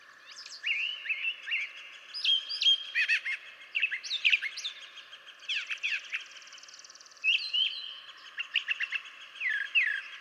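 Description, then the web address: Brown Thrasher song, a continuous run of varied whistles, chirps and slurred notes, some phrases repeated in quick succession. "birdsongforthecurious Brown Thrasher"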